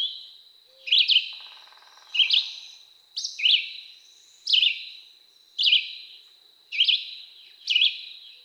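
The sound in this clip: Red-eyed Vireo song, short slurred whistled phrases about once a second, with a steady high whine beneath.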